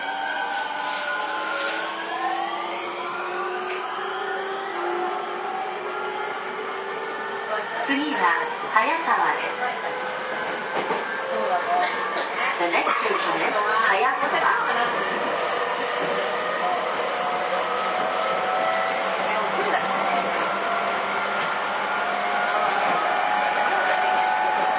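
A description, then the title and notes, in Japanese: A JR E231 series train running between Ito and Yokohama, its motor whine rising in steady stepped tones over the first few seconds as it gathers speed. A constant hum and rumble continue throughout, with a burst of rattling and clatter between about eight and fourteen seconds. JRE231系 伊東〜横浜。区間は伊東線→東海道線です。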